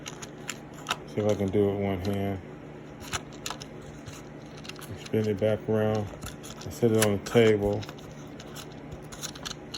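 Someone talks while handling the clear plastic cover of a loaded rotary pellet magazine for a Hatsan Flashpup QE .22 PCP air rifle, turning it back around against the table toward its set position. Short sharp ticks and handling noises are heard between the speech. Nothing has seated or clicked into place yet.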